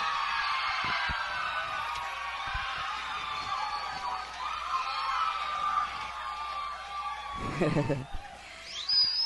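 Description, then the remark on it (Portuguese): A loud crowd roars and cheers continuously for several seconds, a dense wash of voices with shrill, sustained whistle-like tones running through it and a brief burst of louder shouting near the end. The audience at a live show at Barracão do Feiticeiro on 02 07 2021 is making noise for contestant number 1. “Quem gostou da número 1, faz barulho!”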